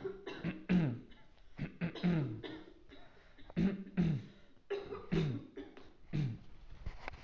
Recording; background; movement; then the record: throat clearing; a bystander coughing; sitting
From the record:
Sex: male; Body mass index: 20.5 kg/m2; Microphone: on the chest, facing outward